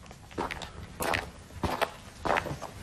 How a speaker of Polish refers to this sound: dziennikarze jednego z lifestyle'owych portali internetowych wzięli udział w wyzwaniu i zrobili utwór, w którym wykorzystali uderzenia butów, tak zwanych w cudzysłowie Adidasów. Dźwięk, jaki buty wydają przy uderzeniu w ziemię, brzmi ten utwór o tak.